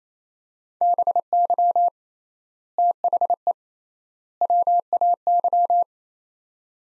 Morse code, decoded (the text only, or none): BY THE WAY